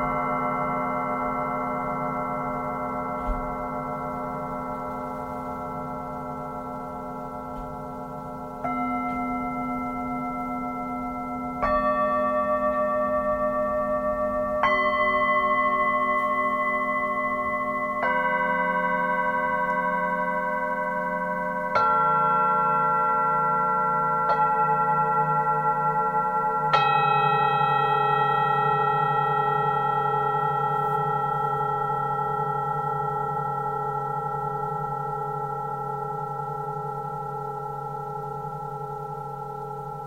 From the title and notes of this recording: Let the sound of the Tibetian Singing Bowls do its magic.